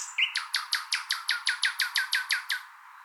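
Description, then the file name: Common nightingale song: a fast series of loud, sharply downslurred notes repeated evenly before stopping. "Luscinia megarhynchos"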